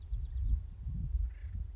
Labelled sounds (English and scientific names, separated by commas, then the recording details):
Acorn Woodpecker (Melanerpes formicivorus)
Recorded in Sonoma County, California